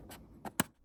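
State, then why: Seated. A metal screw-in filter is held against the metal front filter thread of a Canon RF 100-300mm f/2.8 lens and turned counterclockwise so the threads line up before screwing it on. Soft scraping at about 0.1 s and 0.5 s is followed by a sharp metallic click at 0.6 s, as the thread start drops into place and the filter is seated in alignment.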